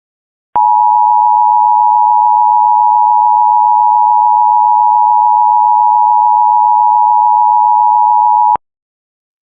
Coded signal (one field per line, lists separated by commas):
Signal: Emergency Alert System (SAME) tones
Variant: 853 and 960 Hz attention tone